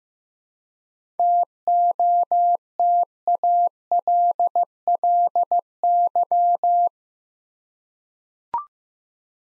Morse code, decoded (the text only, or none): TOTALLY